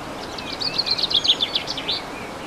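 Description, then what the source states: Bird singing an even, rapid series of high chirping notes for about two seconds, pitch nearly level, with soft hiss underneath. Recorded 15 March 2014 with an MZ-N710 recorder.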